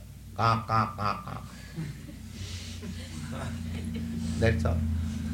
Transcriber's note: laughter